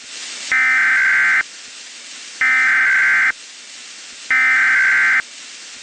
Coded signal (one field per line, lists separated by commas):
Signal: Emergency Alert System (SAME) tones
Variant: header bursts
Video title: *VALID TONES* EAS New Year's Eve Scenario: "2017"